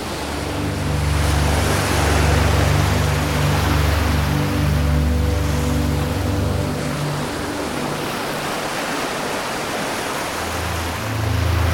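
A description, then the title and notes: Ocean waves wash steadily through a dense, hissing roar that fills the whole clip. Beneath it, low sustained tones hum and shift, fading out around eight seconds and returning near the end, while the surf stays constant throughout. Soothing blend of calming ambient music and ocean waves. Ocean Waves Sounds.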